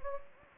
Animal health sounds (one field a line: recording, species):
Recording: mosquito wingbeat signal from an infrared sensor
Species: Anopheles gambiae